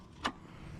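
On a Dodge Ram 1500, the socket end of an old hood lift support strut is pried off its ball stud with a flat screwdriver. A single sharp pop is heard at 0.3 s over low background noise as the strut end comes free of the ball stud.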